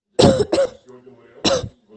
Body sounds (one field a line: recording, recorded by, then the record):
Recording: voluntary cough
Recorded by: messaging app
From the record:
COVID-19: negative